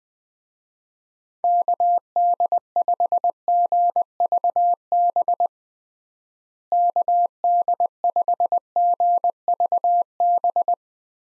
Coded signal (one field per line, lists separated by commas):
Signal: Morse code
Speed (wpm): 20 wpm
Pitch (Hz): 700 Hz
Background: none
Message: KD5GVB KD5GVB